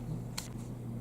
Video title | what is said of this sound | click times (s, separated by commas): Nooie 360 SECURITY CAMERA Pet Camera WiFi IR Night Vision 2 Way Audio EXCELLENT CAMERA REVIEW | push it in, make sure you hear a little snap, pop, and then you're ready to record. | 0.4 s